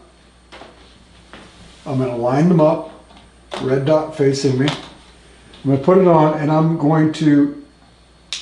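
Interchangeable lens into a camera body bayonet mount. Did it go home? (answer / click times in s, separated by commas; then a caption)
yes / 8.3 s. A 35mm wide-angle lens is lined up red dot to red dot with a camera body, put on and twisted to the right into the bayonet mount while someone talks. A sharp click at 8.3 s marks the mount locking, and the lens is seated and secured to the camera.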